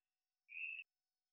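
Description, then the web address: Hourglass treefrog call: one short, steady, high note lasting about a third of a second, against silence. "hylidae Dendrosophus-ebbraccatus"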